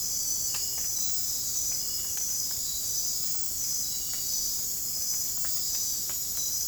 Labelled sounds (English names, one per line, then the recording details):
none
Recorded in dense forest near Puerto Asís, Putumayo, Colombia, on 27 June 2025 at 22:00
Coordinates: 0.503, -76.323
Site G059